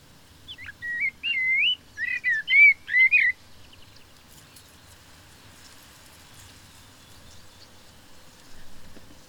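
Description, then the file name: Common blackbird singing one short phrase of mellow, warbled whistles with a scratchy edge, followed by about six seconds of quiet background. "Turdus merula"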